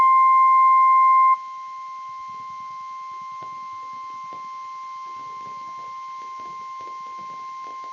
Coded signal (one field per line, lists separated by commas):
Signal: Emergency Alert System (SAME) tones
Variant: 1050 Hz attention tone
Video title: Snow Squall Warning | EAS #409